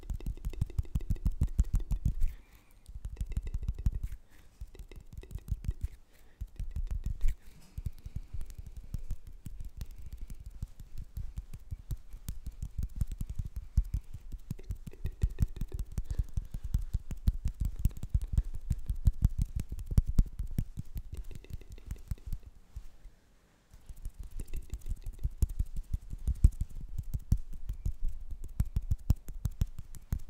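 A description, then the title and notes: Hand sounds: a dense, fast run of soft taps and rustles, mostly low and muffled, much like rapid typing. The activity stops briefly several times, notably near the start and again around 23 seconds, then resumes. ASMR Just Hand Sounds.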